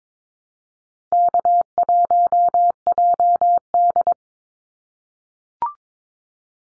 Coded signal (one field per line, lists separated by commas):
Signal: Morse code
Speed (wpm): 22 wpm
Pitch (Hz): 700 Hz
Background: none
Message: K1JD